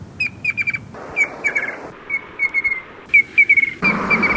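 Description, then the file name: Rufous antpitta calls: high, clear whistled notes in quick stuttering series of three to five, repeated about once a second, with low background rumble. "Rufous Antpitta (Grallaria rufula)"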